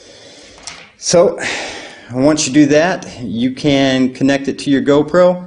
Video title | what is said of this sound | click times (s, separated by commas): Skyzone Mini 5.8G 32ch Video Tx | you know that that so you know that that cable is locked into place well so | 0.7 s